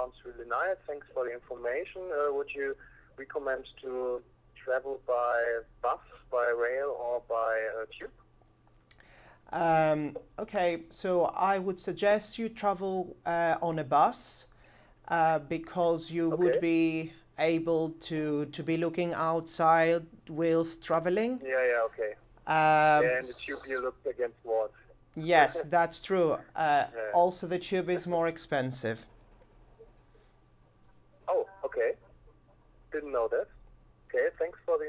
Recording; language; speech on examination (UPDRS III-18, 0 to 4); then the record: conversation on a phone call; English; 0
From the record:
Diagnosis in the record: healthy control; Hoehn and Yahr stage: 0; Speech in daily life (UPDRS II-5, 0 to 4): 0